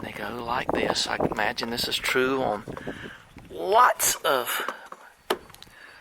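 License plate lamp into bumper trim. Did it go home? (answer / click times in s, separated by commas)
yes / 5.3 s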